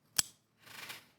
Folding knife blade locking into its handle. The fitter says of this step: uh because of all the steel that's being used i mean that snapped i heard that